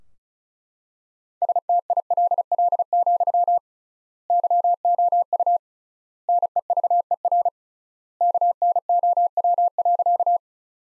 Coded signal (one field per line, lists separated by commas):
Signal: Morse code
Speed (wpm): 36 wpm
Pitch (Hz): 700 Hz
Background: none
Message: STILL, YOU NEVER KNOW.